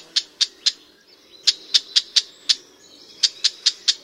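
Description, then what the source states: Red-backed Shrike alarm call, dry smacking clicks given in loose bursts of three to five, with short gaps between the bursts. Alarm call; lives in the same habitat as the Barred Warbler; similar to the Barred Warbler's rattle but slower, drawn-out and smacking.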